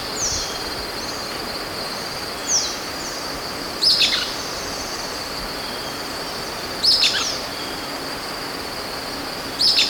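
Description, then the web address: Golden-crowned flycatcher with sparse high squeaky notes every few seconds, some thin descending slurs between them, over a constant high insect-like hiss. Recorded in Ecuador. "Natures Songs S America Birds of Ecuador. Golden-Crowned Flycatcher"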